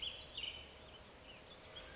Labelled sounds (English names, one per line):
Western Flycatcher